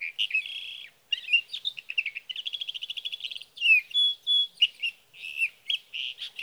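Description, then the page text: Sage thrasher song, a long, rambling warble mixing whistled notes, rapid repeated trills and buzzy phrases with hardly a break. Male singing at night near his night roost, three nights from June 12 to June 15, 2018, Sierra Valley, California; captured on a Swift recorder. "61. Sage thrasher songs, through the night."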